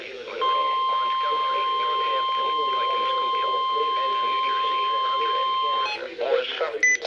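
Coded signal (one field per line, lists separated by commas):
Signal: Emergency Alert System (SAME) tones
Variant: 1050 Hz attention tone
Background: speech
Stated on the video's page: NOAA Weather Radio required weekly tests from Mount Holly, NJ stations, computerized regular weekly test format.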